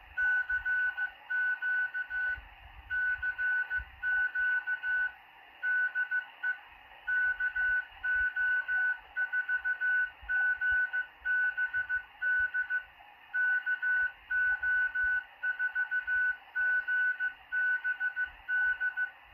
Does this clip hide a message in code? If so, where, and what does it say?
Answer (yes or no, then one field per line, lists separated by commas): yes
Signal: Morse code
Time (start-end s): 0.2-19.1 s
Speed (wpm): 15 wpm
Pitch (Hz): 1490 Hz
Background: none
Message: CQ CQ DE KO4GBD KO4GBD